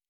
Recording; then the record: hydrophone in a shrimp aquaculture tank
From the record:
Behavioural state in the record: normal